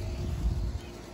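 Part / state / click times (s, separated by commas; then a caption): sliding lock on a portable crib side rail / not seated / none. A gold-colored metal lock on a portable crib side rail is handled and slid toward its locked position, with only low, muffled handling noise and no distinct hits. Nothing has seated or clicked yet; the clip ends just before the lock goes home.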